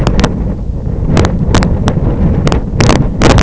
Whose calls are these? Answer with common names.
none